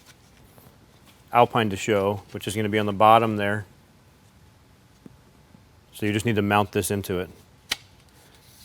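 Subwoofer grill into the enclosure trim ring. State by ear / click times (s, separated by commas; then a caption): seated / 7.7 s. Someone talks while a subwoofer grill for a 2021-and-later Ford Bronco tailgate subwoofer enclosure is lined up with the Alpine logo at the bottom and pressed into its trim ring from the inside. The grill snaps into place with one sharp click at 7.7 s, and it is seated.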